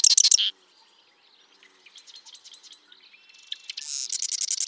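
Bird song beginning with a brief loud trill, then soft chirps and a quiet stuttering series, ending in another loud rapid trill.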